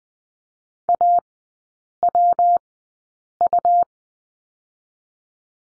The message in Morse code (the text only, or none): AWU